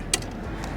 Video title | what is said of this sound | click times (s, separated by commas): ONEBOT S6L Folding Electric Bike - Full Review | that metal plate in the front will uh lock into place with the magnets so it doesn't uh unfold | 0.1 s